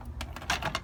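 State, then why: Seated. A plastic condensate pump unit is pushed back into place in its reservoir housing, giving a quick series of short, sharp plastic knocks and taps over about a second. The loudest hit, the click, comes at 0.5 s, and the pump is seated in its reservoir.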